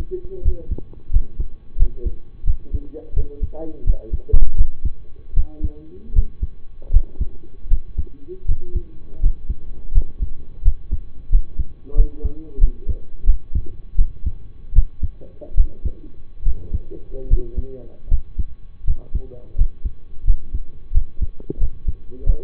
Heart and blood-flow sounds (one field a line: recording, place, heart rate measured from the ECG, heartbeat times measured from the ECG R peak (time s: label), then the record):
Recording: heart sounds by stethoscope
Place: between the tricuspid and mitral areas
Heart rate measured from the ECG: 83 bpm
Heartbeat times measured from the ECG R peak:
0.42 s: heartbeat
1.10 s: heartbeat
1.76 s: heartbeat
2.44 s: heartbeat
3.13 s: heartbeat
3.84 s: heartbeat
4.55 s: heartbeat
5.34 s: heartbeat
6.13 s: heartbeat
6.90 s: heartbeat
7.68 s: heartbeat
8.45 s: heartbeat
9.20 s: heartbeat
9.92 s: heartbeat
10.62 s: heartbeat
11.29 s: heartbeat
11.94 s: heartbeat
12.58 s: heartbeat
13.24 s: heartbeat
13.96 s: heartbeat
14.73 s: heartbeat
15.55 s: heartbeat
16.43 s: heartbeat
17.27 s: heartbeat
18.08 s: heartbeat
18.84 s: heartbeat
19.55 s: heartbeat
20.24 s: heartbeat
20.92 s: heartbeat
21.58 s: heartbeat
22.23 s: heartbeat
From the record:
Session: rest, lying down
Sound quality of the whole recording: partially saturated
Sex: male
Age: 25 years